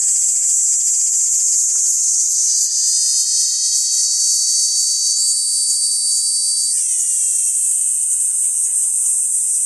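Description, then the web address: Kaempfer cicada, an unbroken shrill buzzing song; a steadier tonal layer joins after two seconds and shifts upward at about seven seconds. "ニイニイゼミ. arpla 自然音研究室"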